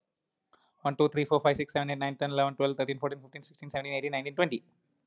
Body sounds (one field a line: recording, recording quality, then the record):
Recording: counting at a fast pace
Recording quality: excellent, no background noise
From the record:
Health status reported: healthy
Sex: male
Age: 38 years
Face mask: not worn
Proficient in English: yes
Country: India